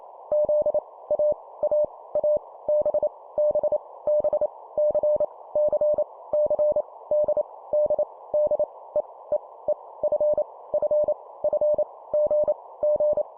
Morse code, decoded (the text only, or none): Z A A A B B B C C C D D D E E E F F F G G